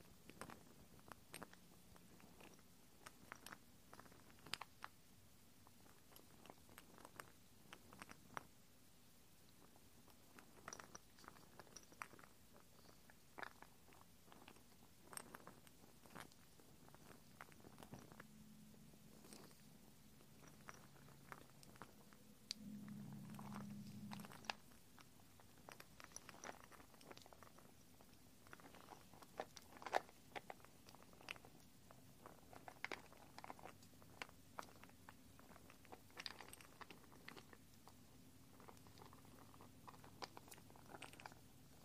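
Assorted gentle sounds: soft clicks, taps and sticky little pops scattered irregularly over a quiet bed for the whole stretch. A low hum comes and goes, with a brief louder low rumble near twenty-three seconds, and small clusters of clicks around thirty and forty seconds.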